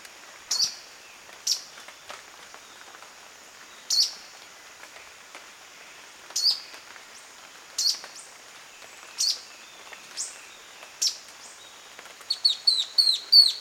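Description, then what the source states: Black-throated antbird calls: sharp, high single notes repeated every one to two and a half seconds, ending in a fast series of short, bent notes over a faint hiss. Male, recorded 22 June 2008.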